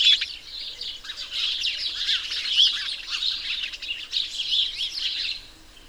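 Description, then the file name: House sparrows chirping in a dense, overlapping chorus, many short bright chirps blending into continuous chatter throughout. "Passer domesticus"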